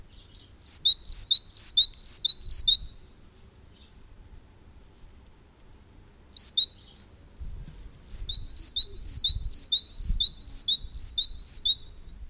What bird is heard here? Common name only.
Great Tit